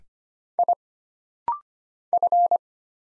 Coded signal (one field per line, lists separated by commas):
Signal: Morse code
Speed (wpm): 25 wpm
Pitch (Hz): 700 Hz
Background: none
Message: I F